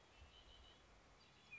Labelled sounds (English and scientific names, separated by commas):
Red-winged Blackbird (Agelaius phoeniceus)